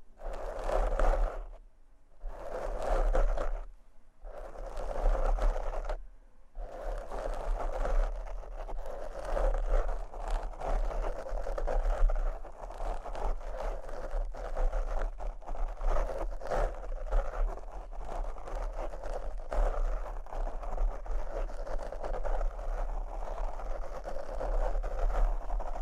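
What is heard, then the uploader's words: A microphone is scratched and brushed, a rough rustling that is patchy for the first six seconds, with short silent gaps, then settles into continuous dense scraping. A steady low hum runs underneath throughout, and the rubbing stays strongest in the middle range. ASMR Microphone Scratching and Brushing (No Talking).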